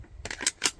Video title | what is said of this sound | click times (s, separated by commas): My Favorite Holsters Under $100 | It's pretty loose, but you did hear a click there. | 0.7 s